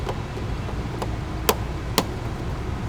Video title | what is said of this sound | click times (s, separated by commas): 2017 Tiguan Interior Carpet Install | you hear a little click | 1.5 s, 2.0 s